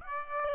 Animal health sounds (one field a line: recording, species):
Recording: mosquito wingbeat signal from an infrared sensor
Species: Aedes aegypti